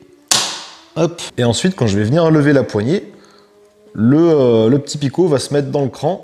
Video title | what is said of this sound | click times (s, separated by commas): TONDEUSE RYOBI 18V Brushless 40cm (JE M'ATTAQUE À UNE JUNGLE!!!) //VLOG 3// | Et donc là, juste à les mettre en position verrouillée. | 0.3 s